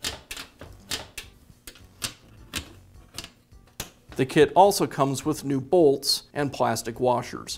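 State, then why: Seated. Metal nut brackets from the hardware kit are snapped onto the holes of a new Weber grill bottom panel (Weber Part # 82793), with the nut on the inside of the panel. Sharp snap-like clicks at 0.3, 1.2, 2.1, 3.2 and 3.8 seconds mark each bracket seating into place. Someone then talks.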